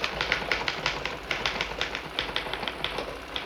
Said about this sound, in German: Eine Schreibmaschine klappert.